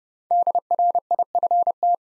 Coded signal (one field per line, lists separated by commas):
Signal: Morse code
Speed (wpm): 30 wpm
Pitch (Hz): 700 Hz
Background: none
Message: DRIFT